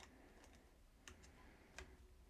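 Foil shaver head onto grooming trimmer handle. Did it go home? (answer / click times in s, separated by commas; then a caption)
yes / 1.1 s, 1.8 s. A foil shaver head is fitted onto the handle of a Barbasol all-in-one grooming trimmer by lining up its grooves, then twisting and turning it until the plastic locks. Light plastic ticks and scrapes are heard, with sharp clicks at 1.1 s and 1.8 s. The head is seated and locked in place.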